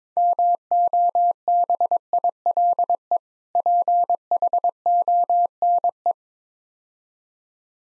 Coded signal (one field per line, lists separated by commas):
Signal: Morse code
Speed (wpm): 22 wpm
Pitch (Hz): 700 Hz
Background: none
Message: MOBILE PHONE